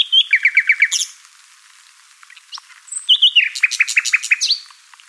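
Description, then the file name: Common nightingale delivering two phrases of rapid repeated notes with a quiet gap between, the second ending in a swooping whistle. "Luscinia megarhynchos"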